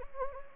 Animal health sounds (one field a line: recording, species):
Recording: mosquito wingbeat signal from an infrared sensor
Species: Anopheles gambiae